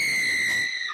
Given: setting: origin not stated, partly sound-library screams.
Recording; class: one-second piece from a danger detection set; woman in danger